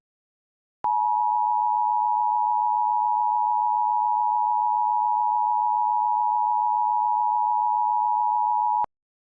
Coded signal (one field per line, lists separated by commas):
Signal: Emergency Alert System (SAME) tones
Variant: 853 and 960 Hz attention tone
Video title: EAS Scenario 4: The Box Invaders | Part 1